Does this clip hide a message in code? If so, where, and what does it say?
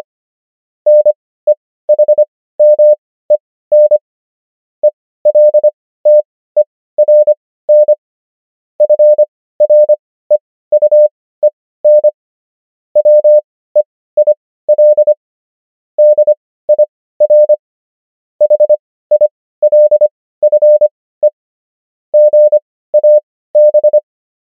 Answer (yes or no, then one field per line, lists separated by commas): yes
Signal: Morse code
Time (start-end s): 0.9-24.0 s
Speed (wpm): 25 wpm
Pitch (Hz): 600 Hz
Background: none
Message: NEHMEN ELTERN FREUEN WEIL DIR HILFE GAB